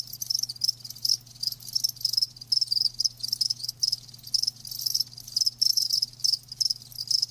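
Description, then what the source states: Crickets give shrill, buzzy chirps in rhythmic bursts, continuing throughout, with a low constant hum. Live crickets chirping with a lulling song.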